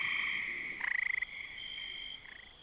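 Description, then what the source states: Gray tree frog rain call: a short, rapid pulsed trill lasting about half a second, then a fainter, shorter one, over a steady high drone. Rain call, said to conjure a tropical rainforest; late summer.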